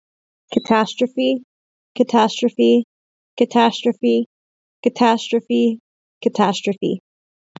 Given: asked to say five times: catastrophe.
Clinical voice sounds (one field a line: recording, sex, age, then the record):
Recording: repeated word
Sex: female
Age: 20 to 29 years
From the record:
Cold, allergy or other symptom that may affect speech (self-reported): no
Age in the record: 29 years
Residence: California, United States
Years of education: 8